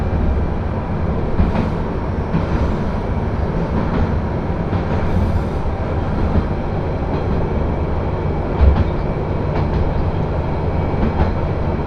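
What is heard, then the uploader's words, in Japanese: A train rides along the Akechi Railway from Akechi toward Ena, a steady low rumble with faint clicks and brief thumps around seconds two and nine. 明知鉄道 明智→恵那。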